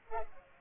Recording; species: mosquito wingbeat signal from an infrared sensor; Culex pipiens